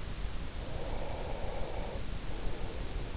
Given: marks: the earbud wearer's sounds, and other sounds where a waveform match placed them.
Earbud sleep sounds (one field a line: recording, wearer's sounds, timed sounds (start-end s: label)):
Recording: sounds in sleep by an in-ear microphone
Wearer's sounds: breath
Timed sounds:
0.58-3.15 s: breath